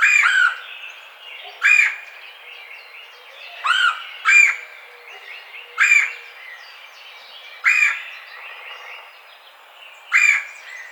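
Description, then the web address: Red-bellied woodpecker giving short harsh rolling churr calls at irregular intervals. Recorded 4 May 2009. "sounds birds Red-bellied Woodpecker 2009 05 04 Red-bellied Woodpecker 01"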